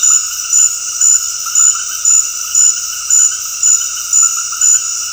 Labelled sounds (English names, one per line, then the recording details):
none
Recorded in dense forest near Puerto Asís, Putumayo, Colombia, on 20 February 2024 at 20:30
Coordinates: 0.485, -76.318
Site G6408